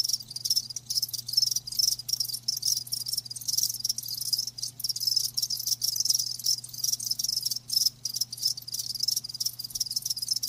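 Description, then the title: Many crickets chirping together in a continuous shrill, pulsing chorus with very short breaks, a faint low hum beneath. Crickets chirping with a lulling song. "Live Crickets Chirping"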